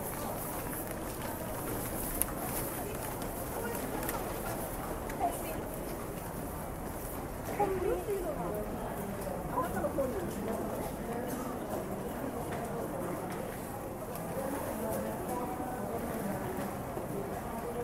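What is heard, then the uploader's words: A busy station with people talking over a steady, dense murmur of ambient noise. The crowd chatter stays constant throughout, with a few brighter bursts of voices and clatter around eight to ten seconds, and a faint high hiss running above everything. It is a recording of a busy train station. You can hear the hustle and bustle of the station, people talking, trains coming and going, and other ambient noise.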